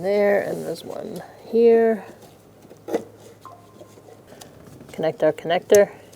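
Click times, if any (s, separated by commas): none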